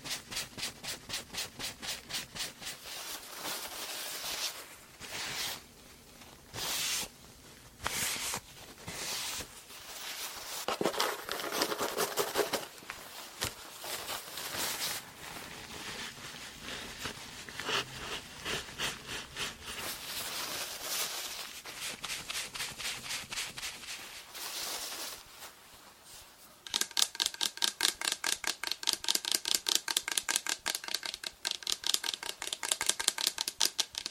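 Tapping and hair brushing layered together, with dense, quick bristly strokes and taps running throughout. The first half is busier and more uneven, with louder brushing swells around ten to fifteen seconds; after a brief lull near 26 seconds, fast regular tapping takes over.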